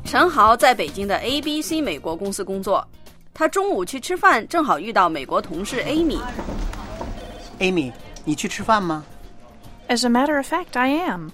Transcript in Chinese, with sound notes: 陈豪在北京的 ABC 美国公司工作。他中午去吃饭，正好遇到美国同事 Amy。 (Office ambience) C：Amy, 你去吃饭吗？
A：As a matter of fact, I am.